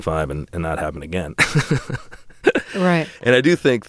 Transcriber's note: laughter